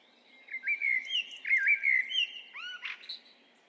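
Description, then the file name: Common blackbird giving a continuous, looping, fluted warble that climbs into higher squeaky notes at the end, with gentle background noise. "Turdus merula"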